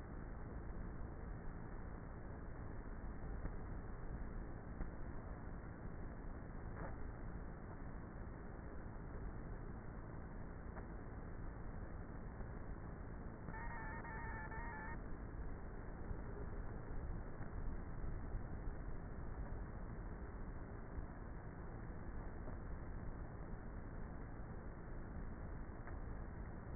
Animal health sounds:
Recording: honeybee colony, microphone inside the hive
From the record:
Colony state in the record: queenless with a low population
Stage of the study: before two queens were removed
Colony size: about 30,000 bees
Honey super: no

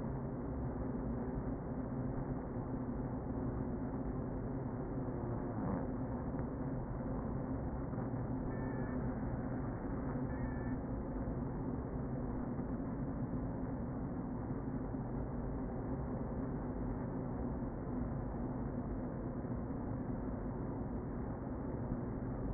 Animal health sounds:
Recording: honeybee colony, microphone inside the hive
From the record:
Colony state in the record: queen present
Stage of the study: before two queens were removed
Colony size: about 60,000 bees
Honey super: yes

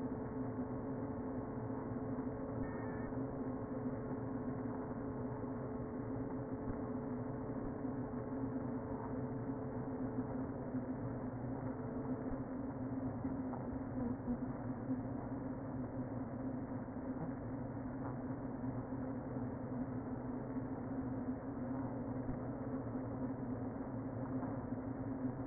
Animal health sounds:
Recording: honeybee colony, microphone inside the hive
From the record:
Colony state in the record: queen present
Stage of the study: before two queens were removed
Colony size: about 60,000 bees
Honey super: yes

